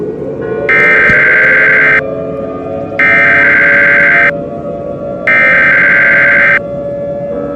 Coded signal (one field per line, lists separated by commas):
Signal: Emergency Alert System (SAME) tones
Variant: header bursts